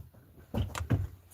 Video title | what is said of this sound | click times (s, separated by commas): Our final night camping the Acadia Mountains! | And this thing doesn't click like this. | none